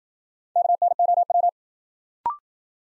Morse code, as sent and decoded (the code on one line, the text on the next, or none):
-.- -. --- .--
KNOW